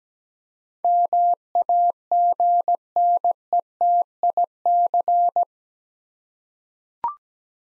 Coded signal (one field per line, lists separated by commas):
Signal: Morse code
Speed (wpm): 17 wpm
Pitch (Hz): 700 Hz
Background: none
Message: MAGNETIC